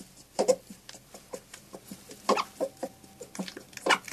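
European badger sounds: uneven series of short clicks and squeaky yelps, with louder bursts near the start, middle and end.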